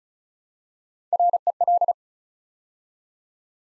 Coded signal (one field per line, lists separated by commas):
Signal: Morse code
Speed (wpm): 36 wpm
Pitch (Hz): 700 Hz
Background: none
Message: REL